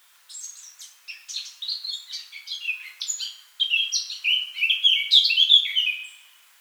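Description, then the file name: Eurasian blackcap song: quick, scratchy chattering notes that build into a louder, flowing phrase of clear, fluty whistles toward the end. "Sylvia atricapilla"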